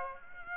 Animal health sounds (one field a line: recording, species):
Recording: mosquito wingbeat signal from an infrared sensor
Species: Aedes aegypti